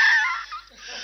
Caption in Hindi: उनकी खांसी, खांसने का बड़ा अजीब और गरीब स्टाइल था। जब वो खांसते थे तो ऐसा लग रहा था कि जैसे कोई रॉकेट, हवाई जहाज आसमान की तरफ हाई स्पीड में चला जा रहा हो।. ये उनके खांसी की आवाज।.